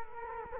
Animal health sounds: mosquito wingbeat signal from an infrared sensor; Culex quinquefasciatus

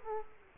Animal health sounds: mosquito wingbeat signal from an infrared sensor; Culex quinquefasciatus

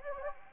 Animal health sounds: mosquito wingbeat signal from an infrared sensor; Anopheles gambiae

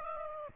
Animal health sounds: mosquito wingbeat signal from an infrared sensor; Aedes aegypti

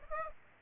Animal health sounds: mosquito wingbeat signal from an infrared sensor; Aedes aegypti

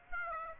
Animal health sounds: mosquito wingbeat signal from an infrared sensor; Aedes aegypti

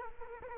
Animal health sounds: mosquito wingbeat signal from an infrared sensor; Culex quinquefasciatus

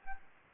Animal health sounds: mosquito wingbeat signal from an infrared sensor; Aedes albopictus

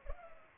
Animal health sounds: mosquito wingbeat signal from an infrared sensor; Culex pipiens

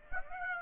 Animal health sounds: mosquito wingbeat signal from an infrared sensor; Aedes aegypti

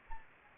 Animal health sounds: mosquito wingbeat signal from an infrared sensor; Anopheles gambiae

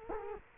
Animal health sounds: mosquito wingbeat signal from an infrared sensor; Culex quinquefasciatus

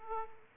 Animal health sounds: mosquito wingbeat signal from an infrared sensor; Aedes aegypti

